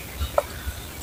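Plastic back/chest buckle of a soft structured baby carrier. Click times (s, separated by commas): 0.4 s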